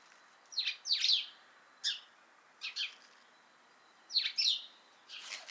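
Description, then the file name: House sparrow chirps, short bright notes given singly and in quick pairs, with brief silent gaps between bursts. "Passer domesticus"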